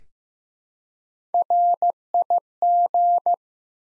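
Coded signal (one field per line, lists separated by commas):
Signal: Morse code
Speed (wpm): 15 wpm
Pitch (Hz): 700 Hz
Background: none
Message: RIG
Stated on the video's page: Morse code QSO elements sent at 15 wpm for head-copy practice, each sent, then spoken, then sent again.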